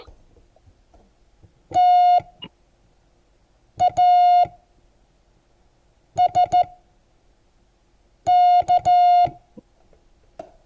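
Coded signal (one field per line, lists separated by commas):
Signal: Morse code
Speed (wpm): 14 wpm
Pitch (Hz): 720 Hz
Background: none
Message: T A S K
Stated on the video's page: Morse code class.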